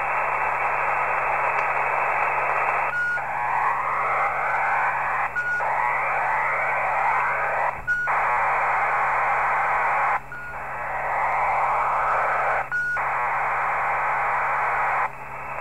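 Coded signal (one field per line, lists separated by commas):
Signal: ACARS aircraft data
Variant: HFDL, PSK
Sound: steady wideband hissing data bursts, briefly interrupted every couple of seconds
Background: radio static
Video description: Decoding HF ACARS transmissions using Sorcerer decoder in PSK mode, ARINC 635 for HFDL.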